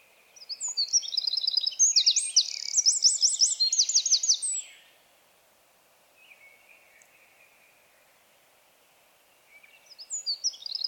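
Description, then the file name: Eurasian wren song: a loud burst of fast, high trills and ringing notes for about four seconds, a quiet pause, then the next phrase starting near the end. "Troglodytes troglodytes"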